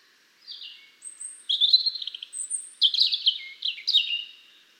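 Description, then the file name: European robin song made of several short high phrases: a sustained thin whistle, then quick sparkling trills and downslurred notes, each burst different. "Erithacus rubecula"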